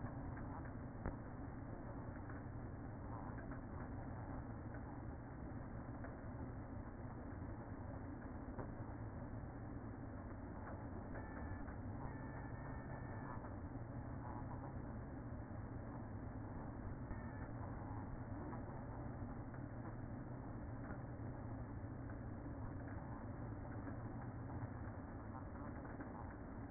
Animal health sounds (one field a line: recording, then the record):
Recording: honeybee colony, microphone inside the hive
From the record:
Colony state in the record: queen present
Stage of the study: after two queens were removed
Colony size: about 60,000 bees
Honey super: yes